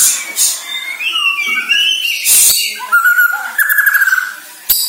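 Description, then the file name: White-rumped shama song: sliding whistles and a buzzy note, then a sustained trilled whistle, with a sharp click at the end. Borneo; lure recording used to make birds sing actively ('gacor'). "Sara Pancingan Murai Batu Borneo Agar Gacor Dor"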